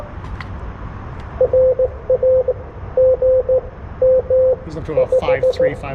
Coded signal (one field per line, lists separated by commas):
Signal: Morse code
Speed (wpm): 16 wpm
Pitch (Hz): 520 Hz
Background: speech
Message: RA GM 5